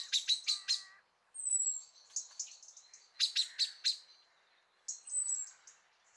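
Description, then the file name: Common blackbird giving calls: bursts of several hard chinks alternating with two thin, high, drawn-out whistles. "Turdus merula"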